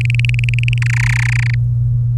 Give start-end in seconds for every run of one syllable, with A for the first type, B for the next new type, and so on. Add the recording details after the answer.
0.01-0.78 A, 0.82-1.55 B. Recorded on 23 April 2018 at 15:18. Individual llb3